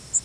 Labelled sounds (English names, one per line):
Yellow Warbler flight call